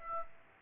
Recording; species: mosquito wingbeat signal from an infrared sensor; Aedes albopictus